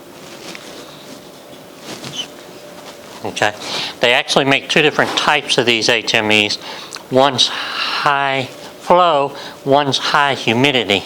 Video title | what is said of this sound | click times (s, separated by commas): Pulmonary Training Part 5 - TRACHEOSTOMY, LARYNGECTOMY (T/L) and TEP | pops right in there like that | 0.5 s